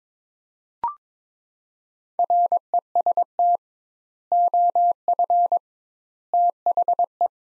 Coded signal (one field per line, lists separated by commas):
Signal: Morse code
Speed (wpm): 22 wpm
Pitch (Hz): 700 Hz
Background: none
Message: REST OF THE